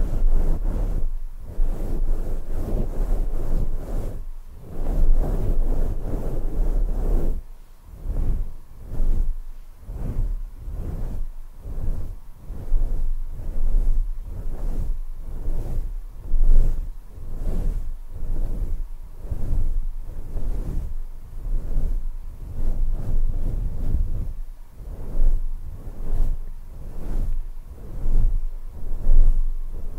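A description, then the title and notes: Intense scalp massage: rhythmic rubbing strokes repeat about once a second, dense and low-pitched, with a steadier smeared stretch in the first seven seconds. ASMR SCALP MASSAGE 1 HOUR, ASMR INTENSE SCALP MASSAGE, ASMR SCALP MASSAGE.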